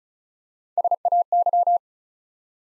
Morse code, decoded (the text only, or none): SAY